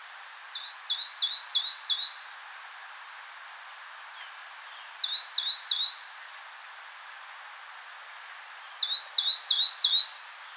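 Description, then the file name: Great tit song: bursts of three to five quick two-part notes, each a high sliding note dropping onto a steady lower one. Three phrases separated by pauses over steady background hiss. "Parus major"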